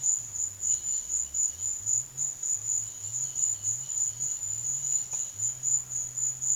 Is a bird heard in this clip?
yes